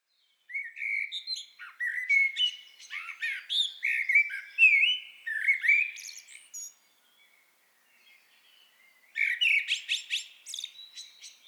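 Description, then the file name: Common blackbird singing a long run of fluty, warbling notes with scratchy high flourishes, then a pause before another twittering phrase. "Turdus merula"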